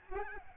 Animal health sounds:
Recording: mosquito wingbeat signal from an infrared sensor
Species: Aedes albopictus

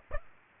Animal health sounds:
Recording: mosquito wingbeat signal from an infrared sensor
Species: Aedes aegypti

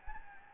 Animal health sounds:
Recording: mosquito wingbeat signal from an infrared sensor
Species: Anopheles gambiae

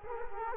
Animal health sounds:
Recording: mosquito wingbeat signal from an infrared sensor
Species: Culex quinquefasciatus

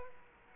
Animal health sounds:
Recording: mosquito wingbeat signal from an infrared sensor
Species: Culex quinquefasciatus

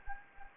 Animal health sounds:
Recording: mosquito wingbeat signal from an infrared sensor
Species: Anopheles gambiae

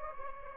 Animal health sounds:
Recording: mosquito wingbeat signal from an infrared sensor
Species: Anopheles gambiae

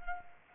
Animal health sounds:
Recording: mosquito wingbeat signal from an infrared sensor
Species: Culex quinquefasciatus

